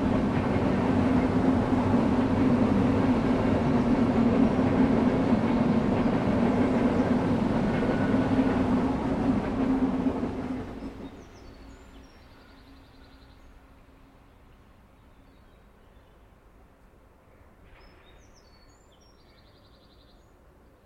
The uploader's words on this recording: The rhythmic chugging of old-fashioned locomotives and the resonant echoes of steam-powered engines. Old-Fashioned Locomotive Ambiance.